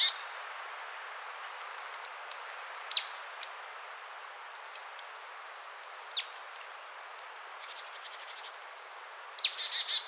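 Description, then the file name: Marsh tit giving scattered thin, sharp high notes at irregular intervals, ending with a brief burst of buzzy notes. "Poecile palustris"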